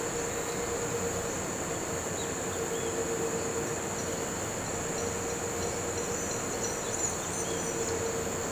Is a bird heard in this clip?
yes